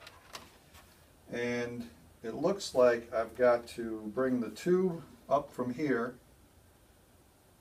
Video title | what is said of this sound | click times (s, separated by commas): Filament Friday #20 - Special Presentation Da Vinci Jr. 3D Printer Unboxing - Video #065 | hanging from the x-axis now this extruder snaps right in place rather easily | 0.4 s